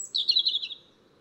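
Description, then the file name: European robin giving one brief, high twittering phrase that fades quickly into quiet. "Erithacus rubecula"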